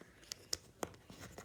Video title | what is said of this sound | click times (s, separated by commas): INSANE CUSTOM LEGO RACE CAR BUILD! | and then slide them together one at a time nice click | 0.3 s, 0.5 s, 0.8 s